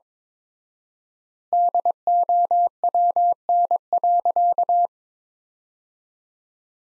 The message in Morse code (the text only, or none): DOWN.